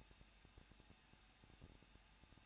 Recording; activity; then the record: daily activity, microphone in the room; no activity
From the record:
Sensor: 2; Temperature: 21.0 degrees Celsius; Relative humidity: 37.5%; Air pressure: 1006.3 hPa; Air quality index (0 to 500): 223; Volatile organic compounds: 25 ppm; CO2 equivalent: 2828 ppm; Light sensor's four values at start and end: 2/3/2/2 and 2/3/2/2